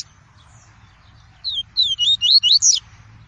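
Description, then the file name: Double-collared seedeater delivering one fast phrase of about six high, curling whistled notes, each sharply inflected, after a quiet second. "tui-tui" song variety. "canto do papa capim tui tui"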